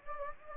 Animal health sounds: mosquito wingbeat signal from an infrared sensor; Anopheles gambiae

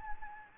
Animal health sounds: mosquito wingbeat signal from an infrared sensor; Anopheles gambiae

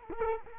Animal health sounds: mosquito wingbeat signal from an infrared sensor; Culex quinquefasciatus

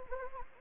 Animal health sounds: mosquito wingbeat signal from an infrared sensor; Anopheles gambiae

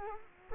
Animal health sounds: mosquito wingbeat signal from an infrared sensor; Culex quinquefasciatus

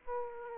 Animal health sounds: mosquito wingbeat signal from an infrared sensor; Aedes aegypti

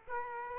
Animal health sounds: mosquito wingbeat signal from an infrared sensor; Aedes aegypti

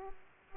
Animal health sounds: mosquito wingbeat signal from an infrared sensor; Aedes aegypti

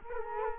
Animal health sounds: mosquito wingbeat signal from an infrared sensor; Culex quinquefasciatus

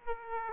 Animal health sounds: mosquito wingbeat signal from an infrared sensor; Aedes aegypti

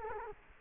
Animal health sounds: mosquito wingbeat signal from an infrared sensor; Culex quinquefasciatus

